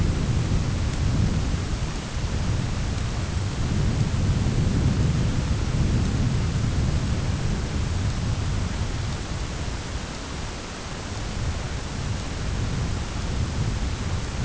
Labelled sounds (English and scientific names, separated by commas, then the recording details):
none
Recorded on Arctic tundra, site ZACK-1, on 10 June 2019
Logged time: 15:49